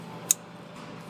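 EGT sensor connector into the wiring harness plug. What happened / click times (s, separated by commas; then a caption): The connector clicked home / 0.3 s. The electrical connector of a new exhaust gas temperature (EGT) sensor on a 6.4L Powerstroke, with dielectric grease applied to its two pins, is pushed onto its wiring harness plug. A single sharp, bright click is heard at 0.3 s over a low steady background hum. The connector is seated.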